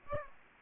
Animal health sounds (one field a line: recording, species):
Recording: mosquito wingbeat signal from an infrared sensor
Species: Aedes aegypti